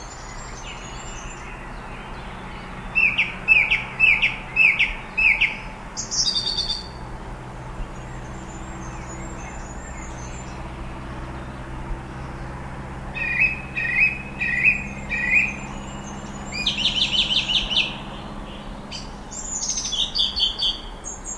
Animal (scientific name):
Turdus philomelos